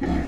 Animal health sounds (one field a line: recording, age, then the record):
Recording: pig call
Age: growing-finishing pig (85 days or more)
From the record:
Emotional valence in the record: negative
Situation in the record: barren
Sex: female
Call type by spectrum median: low-frequency call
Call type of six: low-frequency stable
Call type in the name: low-frequency stable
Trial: 2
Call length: 0.28 s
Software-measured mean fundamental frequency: 40 Hz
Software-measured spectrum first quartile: 133 Hz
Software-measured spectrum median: 273 Hz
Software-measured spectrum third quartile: 551 Hz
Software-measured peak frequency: 289 Hz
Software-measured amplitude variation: 131 dB a second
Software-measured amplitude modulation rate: 25.4 a second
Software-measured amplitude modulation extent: 5.2 dB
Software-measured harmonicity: -0.8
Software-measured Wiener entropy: -0.96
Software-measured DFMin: 529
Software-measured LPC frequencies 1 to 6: 1840, 3288, 4151, 5076, 6111, 7436 Hz